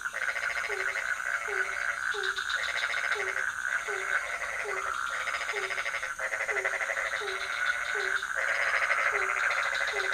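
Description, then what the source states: Frogs calling: a regular short downward croak, over dense pulsed trilling choruses from other frogs and a steady high whine. Several frog species in a pond near a hotel, night, Ubud, Bali, Indonesia; recorded with Sony PCM D50, Rode NT4, Rode boompole.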